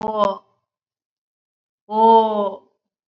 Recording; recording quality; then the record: sustained vowel as in boot; excellent, no background noise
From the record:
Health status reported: COVID-19 positive, moderate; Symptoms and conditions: cough, sore throat, fatigue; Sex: female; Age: 48 years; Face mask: not worn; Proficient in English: no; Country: India